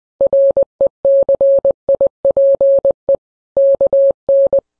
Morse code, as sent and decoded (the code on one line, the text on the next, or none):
.-. . -.-. .. .--. . / -.- -.
RECIPE KN